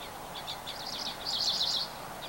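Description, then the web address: Bird chirping, a string of quick high twittering notes building to a brighter trill in the second half, with soft background hiss. Recorded 24 April 2023. "gemlog starlog audio birds 20230424"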